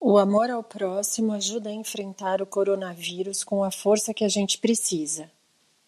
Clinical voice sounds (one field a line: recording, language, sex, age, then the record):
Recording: spoken sentence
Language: Brazilian Portuguese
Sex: female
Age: 40 to 49 years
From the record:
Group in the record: control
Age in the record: 48 years